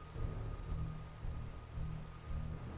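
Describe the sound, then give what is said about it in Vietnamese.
Steady rain patters continuously while a deep, low rumble swells and fades several times beneath it, like rolling thunder. No one speaks. “Bầu trời bỗng dưng biến đổi, khói đen kéo đến rất dày, tới nỗi làm cho cơn mưa cũng phải dịu đi.”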